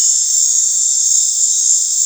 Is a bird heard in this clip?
no